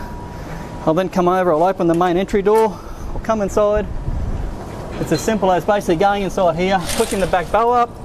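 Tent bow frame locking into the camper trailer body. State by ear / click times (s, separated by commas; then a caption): not seated / none. Someone talks while handling a camper trailer's back tent bow, a metal frame, opening the main entry door, going inside and starting to push the bow up so it locks into the trailer body. Nothing has seated or clicked yet. The clip ends before the bow locks into place.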